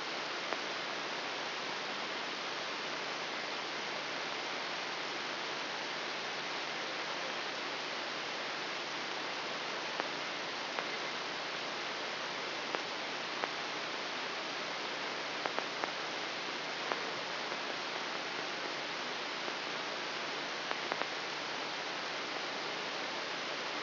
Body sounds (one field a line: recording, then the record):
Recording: brain microelectrode recording played as sound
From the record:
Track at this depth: inside the subthalamic nucleus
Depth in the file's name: 2.909 mm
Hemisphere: left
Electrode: 3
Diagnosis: Parkinson's disease